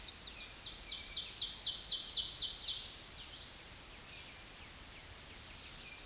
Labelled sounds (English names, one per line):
Ovenbird song